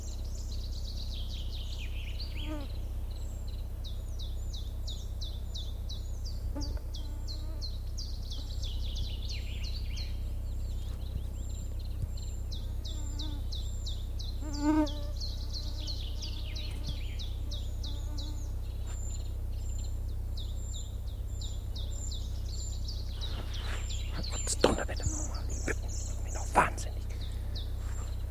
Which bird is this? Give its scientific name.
Phylloscopus collybita